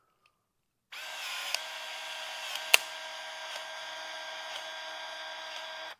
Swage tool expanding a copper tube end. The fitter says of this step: We're going to do the same thing. Wait for 3 clicks.